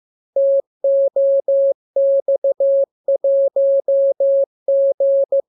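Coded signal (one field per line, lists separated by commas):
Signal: Morse code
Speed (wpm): 15 wpm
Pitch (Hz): 550 Hz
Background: none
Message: TOX1G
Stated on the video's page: Morse lesson 40 of 42: practice radiogram opening with VVV and section sign, closing with AR, covering letters, numbers, punctuation and Q-code.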